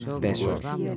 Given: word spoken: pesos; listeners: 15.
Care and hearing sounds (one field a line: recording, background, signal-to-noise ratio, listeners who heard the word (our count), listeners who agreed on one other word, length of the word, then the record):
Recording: one Spanish word in noise, from a listening test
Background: four-talker babble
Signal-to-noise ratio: -1.6 dB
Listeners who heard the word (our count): 1 of 15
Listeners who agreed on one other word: 11 of 15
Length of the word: 0.57 s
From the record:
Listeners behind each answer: 11, 2, 1, 1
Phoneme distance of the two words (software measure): 10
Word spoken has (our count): 2 syllables, 5 phonemes, stress on syllable 1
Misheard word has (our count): 2 syllables, 5 phonemes, stress on syllable 1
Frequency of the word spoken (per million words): 71.78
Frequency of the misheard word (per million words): 10.50